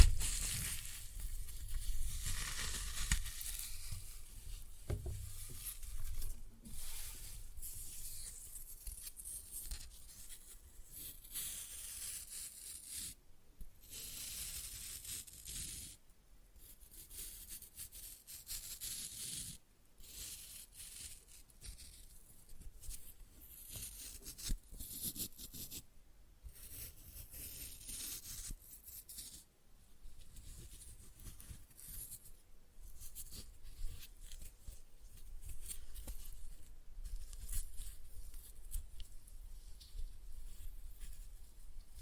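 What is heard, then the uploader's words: Floral foam being crushed, with dense crackling and crumbling bursts that come and go in irregular clusters with brief gaps. The sound is mostly bright and dry, with a louder, fuller stretch at the start and quieter, scattered crunching through the middle. Floral Foam Glitter Bomb Crushing.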